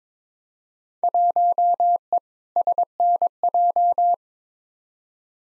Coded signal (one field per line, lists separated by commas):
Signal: Morse code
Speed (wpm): 21 wpm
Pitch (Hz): 700 Hz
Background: none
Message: 1E SNJ